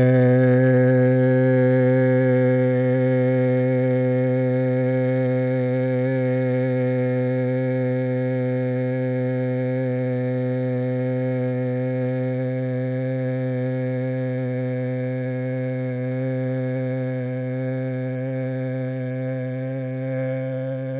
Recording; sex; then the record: sustained vowel /e/; male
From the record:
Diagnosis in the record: Parkinson's disease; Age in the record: 71 years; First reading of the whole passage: 50 s, 10.4 characters per second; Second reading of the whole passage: 45 s, 11.4 characters per second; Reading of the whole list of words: 37 s, 7.6 characters per second